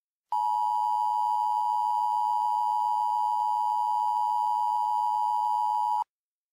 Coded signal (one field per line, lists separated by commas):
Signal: Emergency Alert System (SAME) tones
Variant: 853 and 960 Hz attention tone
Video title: EAS Mock 19: Biomass